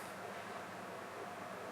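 An accessory, most likely the stylus, is handled against the magnetic connector on the side of an iPad Pro 2018 tablet, where it snaps on magnetically. Only a steady, even broadband hiss with a low hum is heard throughout, with no distinct sounds. Nothing has seated or clicked yet.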